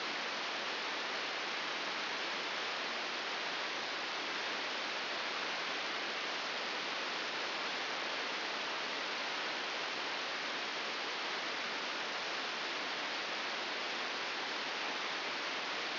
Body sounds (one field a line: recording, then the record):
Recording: brain microelectrode recording played as sound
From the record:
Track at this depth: inside the subthalamic nucleus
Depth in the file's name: 4.208 mm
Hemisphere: right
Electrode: 3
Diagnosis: Parkinson's disease